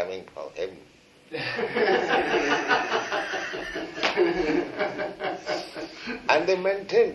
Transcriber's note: laughter